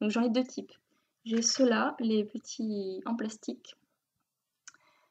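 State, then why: Released. A small plastic clip-on stitch marker is snapped open by its own snap clasp, producing a sharp click at 4.7 seconds. Someone talks beforehand, and the marker ends up released open.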